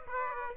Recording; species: mosquito wingbeat signal from an infrared sensor; Aedes aegypti